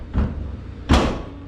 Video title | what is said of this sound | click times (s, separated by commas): 1969 CAMARO ROSEWOOD STEERING WHEEL INSTALL | there's two clicks it looks like the hood | 0.2 s